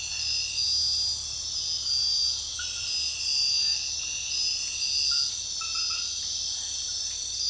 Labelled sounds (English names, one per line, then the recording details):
none
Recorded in secondary vegetation near Puerto Asís, Putumayo, Colombia, on 9 March 2025 at 00:30
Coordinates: 0.498, -76.327
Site G001